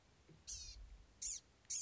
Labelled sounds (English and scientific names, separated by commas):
Blue-gray Gnatcatcher (Polioptila caerulea)